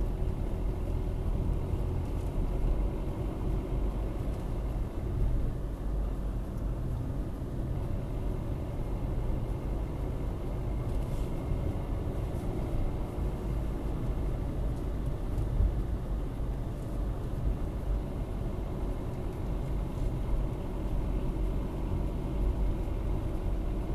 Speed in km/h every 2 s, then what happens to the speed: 33, 36, 37, 35, 36, 37, 40, 39, 35, 34, 35, 35.
0-12 steady at about 36. 12-17 slows to 34. 17-24 steady at about 35.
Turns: none.